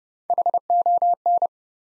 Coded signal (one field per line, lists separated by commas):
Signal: Morse code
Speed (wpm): 30 wpm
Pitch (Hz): 700 Hz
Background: none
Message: HON